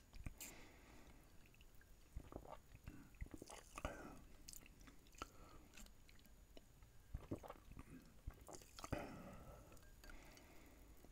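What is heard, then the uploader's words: Someone eats ice and fizzy drink, with crisp crunches and sharp clicks scattered irregularly across the clip. Bright crackling bursts cluster around four, eight and nine seconds. A low rumble and faint wet, dripping sounds sit underneath throughout. ASMR LUCOZADE EXTREME FIZZY & ICE EATING MUKBANG No Talking.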